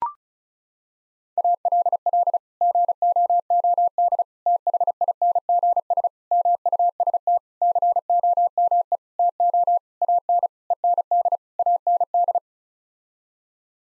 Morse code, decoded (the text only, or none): ALL GOOD THINGS MUST COME TO AN END AND